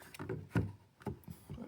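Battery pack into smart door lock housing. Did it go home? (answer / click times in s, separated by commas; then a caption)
no / none. A plastic battery pack is handled and lined up at the housing of a Desloc K120 smart door lock just before insertion, giving small tapping sounds at about 0.2, 0.3, 0.6, 1.0 and 1.1 seconds. Nothing has seated or clicked yet.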